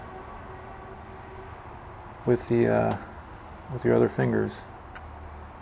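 A rubber piston fluid seal is pushed with the fingers into its groove in the brake caliper bore of a 2011 Kawasaki Ninja 250 front brake caliper. Someone talks over a quiet background, then a single sharp click is heard at 5.0 seconds as the seal snaps into the groove and seats.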